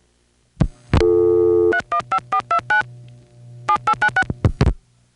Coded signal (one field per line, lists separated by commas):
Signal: DTMF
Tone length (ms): 90 ms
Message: 315429 7896